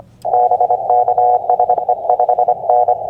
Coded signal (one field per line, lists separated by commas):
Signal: Morse code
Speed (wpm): 25 wpm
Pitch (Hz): 730 Hz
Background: none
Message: BK SE 5N